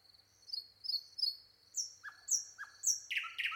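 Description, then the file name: Common nightingale singing soft, thin high whistles and short rising notes, ending with a few louder chirps, against a constant faint high-pitched background tone. "Luscinia megarhynchos"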